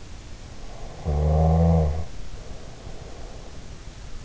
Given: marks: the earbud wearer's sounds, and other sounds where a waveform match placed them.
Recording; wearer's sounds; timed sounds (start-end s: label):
sounds in sleep by an in-ear microphone; snoring breath
0.84-3.65 s: snoring breath